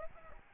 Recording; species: mosquito wingbeat signal from an infrared sensor; Aedes albopictus